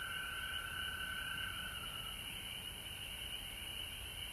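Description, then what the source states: A dense frog chorus of rapid overlapping trills; a lower voice fades after about two seconds while higher trilling carries on over a steady hiss. Recorded at home in Georgia on March 19, 2020.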